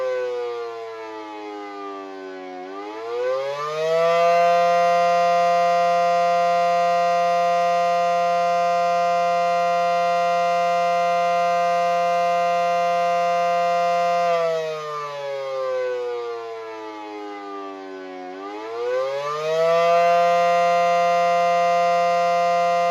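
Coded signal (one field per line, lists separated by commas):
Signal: siren signal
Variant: Federal Signal SD10 siren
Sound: loud mechanical siren wail holding steady, twice dropping in pitch then winding back up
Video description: Siren signal attack for 5 minutes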